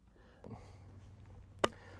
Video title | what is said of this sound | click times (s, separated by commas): Elk Calling & Hunting | Snaps right in the tube. | 1.6 s